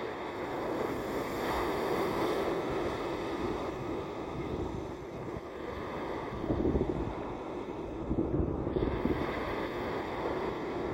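Oceanside at Atlantic Beach, a dense, steady low roar of surf and wind, swelling slightly louder around the middle before settling.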